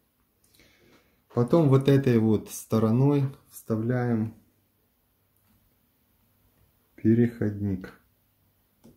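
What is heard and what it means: A Samsung 970 EVO Plus NVMe M.2 SSD is handled at the M.2 slot of an adapter while someone talks through most of the clip. Only faint handling ticks are heard, near 0.4–0.6 s, 5.4 s and 8.8 s. The drive has not seated or clicked into the slot yet.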